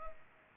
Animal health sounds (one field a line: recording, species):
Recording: mosquito wingbeat signal from an infrared sensor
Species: Culex pipiens